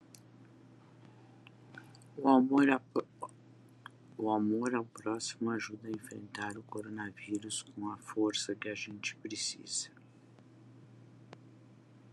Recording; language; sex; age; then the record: spoken sentence; Brazilian Portuguese; female; 60 to 69 years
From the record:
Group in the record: control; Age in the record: 62 years